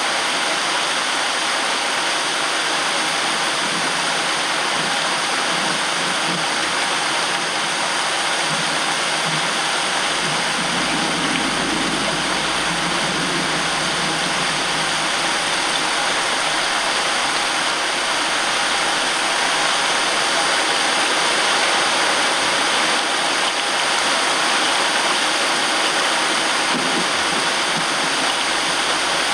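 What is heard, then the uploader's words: Steady, dense rain hisses throughout, with a soft rumble of thunder rolling low underneath from about ten seconds to the end. Thunder Storm Sound. Sound of thunder against the backdrop of a rain shower.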